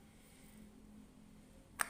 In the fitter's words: sampai ada suara klik berarti dia sudah masuk sempurna dan ini siap untuk dipergunakan nih